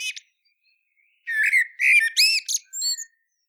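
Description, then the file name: Eurasian blackbird song: the tail of a squeaky phrase, a few faint thin notes, then a burst of squeaky, chattering high notes and slurred whistles lasting nearly two seconds. "Turdus merula"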